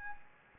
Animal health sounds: mosquito wingbeat signal from an infrared sensor; Anopheles gambiae

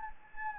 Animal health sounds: mosquito wingbeat signal from an infrared sensor; Anopheles gambiae

